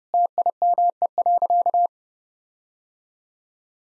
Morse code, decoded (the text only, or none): TIME.